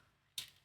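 A plastic cuff/arm piece of a 1:2 scale xenomorph model kit is pulled onto its mating part on the arm assembly after some pushing and shoving. After a quiet stretch, a single sharp, bright snap at 0.4 s rings mostly in the high frequencies and fades within about a tenth of a second. The piece fits well and locks into place.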